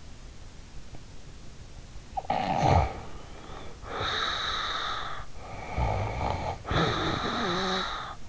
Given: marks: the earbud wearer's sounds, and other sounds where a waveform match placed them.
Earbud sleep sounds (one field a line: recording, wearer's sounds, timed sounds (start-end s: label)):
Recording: sounds in sleep by an in-ear microphone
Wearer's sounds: snoring breath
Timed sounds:
2.10-5.39 s: snoring breath
5.49-8.29 s: snoring breath